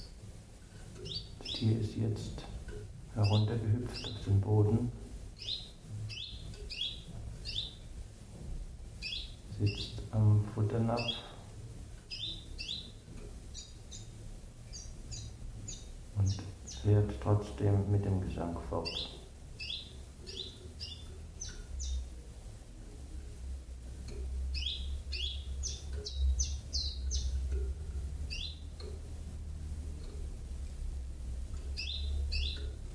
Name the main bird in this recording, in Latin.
Phylloscopus collybita